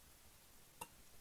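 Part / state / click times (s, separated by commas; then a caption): aperture assembly part onto plastic tube in lens barrel / seated / 0.8 s. During reassembly of a Leica Macro-Elmar-R 1:4/100 macro lens serviced for sticky aperture blades, the aperture assembly part is lowered over a plastic tube in the lens barrel and pressed down gently. After quiet background, a single short, sharp click sounds at 0.8 s as the part seats into place.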